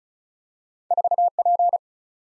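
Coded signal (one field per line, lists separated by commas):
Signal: Morse code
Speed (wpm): 36 wpm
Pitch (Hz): 700 Hz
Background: none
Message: 4P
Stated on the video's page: Morse practice drill of random two-character letter and number groups at 35 wpm, each sent in Morse, then spoken, then sent again, for head-copy.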